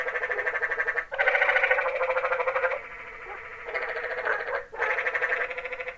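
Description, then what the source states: Tree frogs in a dense trilling chorus, buzzy pulsed calls overlapping in long bursts of about one to one and a half seconds, with brief gaps between them. Tree frogs recorded in Zion Canyon on 16 January 2006.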